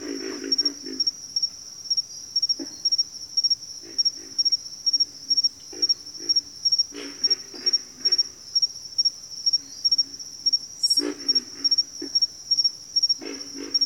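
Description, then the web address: Low guttural pig frog grunts in scattered bursts, while a high insect trill pulses steadily throughout. "ENTER Music and Audio J - Nature Songs Nature Sounds Sounds of Nature Collection Pig Frogs"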